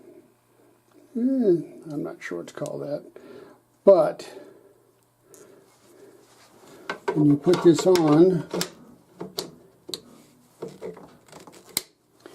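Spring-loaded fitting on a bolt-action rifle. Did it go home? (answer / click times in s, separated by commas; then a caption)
yes / 11.8 s. Someone talks while a spring-loaded part is fitted onto a Lee Enfield No. 4 bolt-action rifle, with short handling taps along the way. A sharp metal click at 11.8 s marks the part seating and locking into place; a button must be pressed to move it again.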